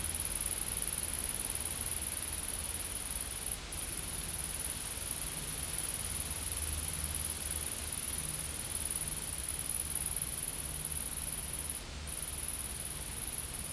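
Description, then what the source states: Continuous high insect trilling that cuts out twice for a moment, with faint low rumbling noise beneath. Insects in a field.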